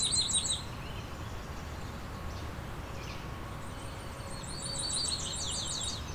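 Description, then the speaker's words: Cape May Warbler song: two brief runs of high, sibilant, evenly repeated notes, one at the start and a longer one near the end, with faint chirps between. High-pitched warble, short, often decelerating and dropping in pitch. "Here's some Cape May warbler song."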